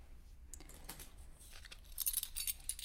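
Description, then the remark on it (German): Metallic jingling and clinking of keys for security doors as they are produced and handed over, light scattered rattles that grow brighter and busier toward the end, with no one speaking. “Hier. Ich habe diese Schlüssel noch nie aus der Hand gegeben.”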